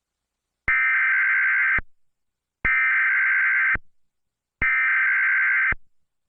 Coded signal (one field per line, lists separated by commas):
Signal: Emergency Alert System (SAME) tones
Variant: header bursts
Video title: EF 7 (EAS Scenario)